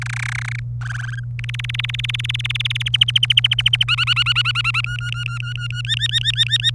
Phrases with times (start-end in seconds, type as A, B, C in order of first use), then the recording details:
0.01-0.60 A, 0.81-1.20 B, 1.39-2.88 C, 2.93-3.84 D, 3.88-4.81 E, 4.84-5.82 F, 5.85-6.70 G. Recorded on 27 April 2018 at 12:55. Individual llb3